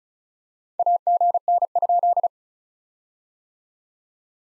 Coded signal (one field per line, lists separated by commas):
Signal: Morse code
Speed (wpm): 31 wpm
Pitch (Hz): 690 Hz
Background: none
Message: AGN?